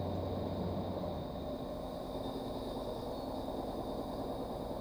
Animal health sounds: poultry house recording; no chicken sound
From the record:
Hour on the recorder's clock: 22

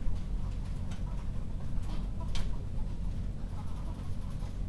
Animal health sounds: poultry house recording; healthy chickens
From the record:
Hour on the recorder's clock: 21

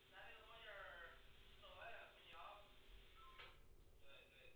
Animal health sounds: poultry house recording; no chicken sound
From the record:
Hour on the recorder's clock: 16

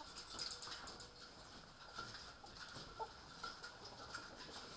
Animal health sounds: poultry house recording; healthy chickens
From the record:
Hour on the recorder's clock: 18

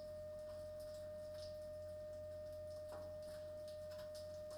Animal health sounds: poultry house recording; no chicken sound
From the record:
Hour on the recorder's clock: 21

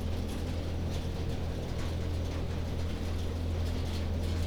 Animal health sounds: poultry house recording; no chicken sound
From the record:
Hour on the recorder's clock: 22

